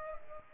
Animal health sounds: mosquito wingbeat signal from an infrared sensor; Culex pipiens

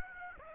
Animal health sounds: mosquito wingbeat signal from an infrared sensor; Aedes aegypti

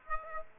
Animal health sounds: mosquito wingbeat signal from an infrared sensor; Aedes aegypti

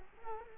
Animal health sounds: mosquito wingbeat signal from an infrared sensor; Culex quinquefasciatus

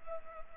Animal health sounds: mosquito wingbeat signal from an infrared sensor; Culex pipiens

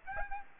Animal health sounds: mosquito wingbeat signal from an infrared sensor; Aedes aegypti

